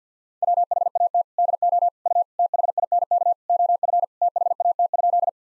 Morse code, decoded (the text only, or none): WHAT DO U THINK OF THAT?